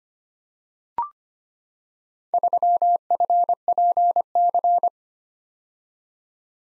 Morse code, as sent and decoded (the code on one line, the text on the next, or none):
...-- ..-. .--. -.-.
3FPC